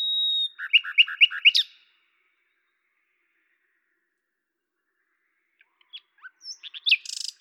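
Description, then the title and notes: Common nightingale singing: a held whistle, then a quick run of paired notes, a long pause, and scattered sharp notes leading into a buzzy phrase. Recorded at Lavours, France, on 10/05/1998 with a Tascam DAP-1 recorder and Télingua microphone, edited in Samplitude 5.1. "rossignol à LAVOURS. D83, 01350 Lavours, France. 10/05/1998 Tascam DAP-1 Micro Télingua, Samplitude 5.1"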